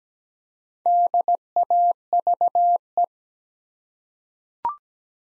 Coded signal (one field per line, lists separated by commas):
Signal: Morse code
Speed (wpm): 17 wpm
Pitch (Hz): 700 Hz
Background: none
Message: DAVE